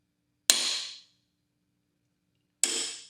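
A torque wrench tightens a frame slider bolt into the frame of a 2025 GSX-R 750 motorcycle during a no-cut frame slider install, on the other side of the bike. Two loud, sharp metallic clicks ring out at 0.5 s and 2.6 s, each with a bright, fading tail. The wrench clicks at its torque setting at 2.6 s, confirming the bolt is torqued.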